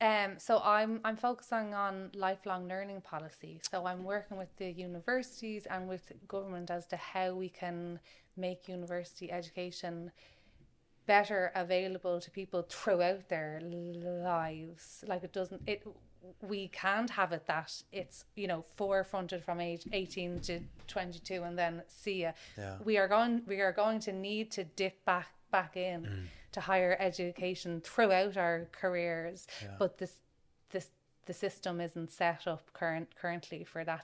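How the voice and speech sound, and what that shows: Adult woman, aged 34, speaking with a stammer she has had for as long as she can remember.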